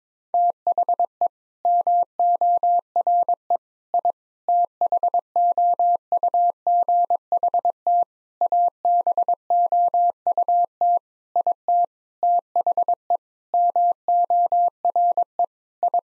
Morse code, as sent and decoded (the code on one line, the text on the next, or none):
- .... . / -- --- .-. . / .. / - .... --- ..- --. .... - / .- -... --- ..- - / .. - / - .... . / -- --- .-. . / ..
THE MORE I THOUGHT ABOUT IT THE MORE I